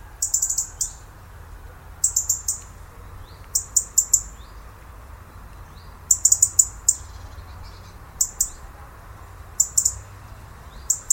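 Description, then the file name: European robin calling: clusters of very high, sharp ticking clicks repeated every two seconds or so, over a low steady background rumble. "Erithacus rubecula"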